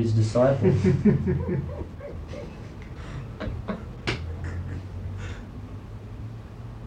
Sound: laughter

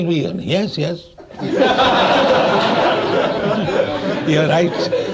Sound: laughter

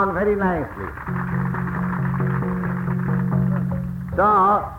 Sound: applause

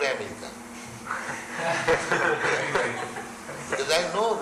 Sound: laughter

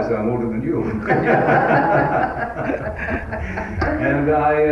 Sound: laughter

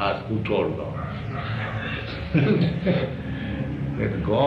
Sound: chuckles

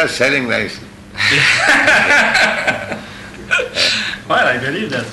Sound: laughs

